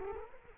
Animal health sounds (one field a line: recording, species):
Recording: mosquito wingbeat signal from an infrared sensor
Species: Culex quinquefasciatus